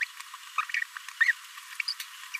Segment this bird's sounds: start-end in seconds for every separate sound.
0.00-0.04, 0.58-0.61, 1.21-1.25, 1.79-1.81, 1.88-1.94, 2.33-2.37